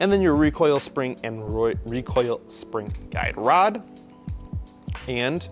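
The recoil spring, recoil spring guide rod and spring cap, which holds the washer in place, are handled and fitted into the metal slide of a Valken S&W 1911 airsoft pistol during slide reassembly, while someone talks throughout. The clip ends before the assembly goes home, so nothing has seated or clicked yet.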